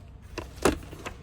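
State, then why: Seated. A plastic visor on a RIDER R1 motorcycle helmet, hooked at the rear with the side lock catch slid back, is pressed down into the side mount. A softer tap at 0.4 s is followed by a sharp plastic click at 0.7 s as the visor snaps into the side lock and seats, then a faint tap near 1.1 s.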